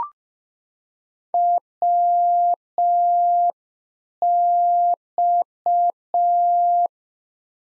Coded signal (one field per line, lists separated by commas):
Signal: Morse code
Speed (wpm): 5 wpm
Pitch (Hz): 700 Hz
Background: none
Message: WX